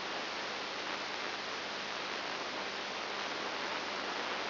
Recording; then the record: brain microelectrode recording played as sound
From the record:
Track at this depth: inside the subthalamic nucleus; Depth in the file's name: 4.102 mm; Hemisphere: left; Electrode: 3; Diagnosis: Parkinson's disease